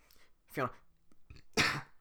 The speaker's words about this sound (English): I swallow a bunch of air when I'm doing the Shrek voice, and I, like, kind of cough burp it out. So if you hear, like, a noise that's like, that's what that is.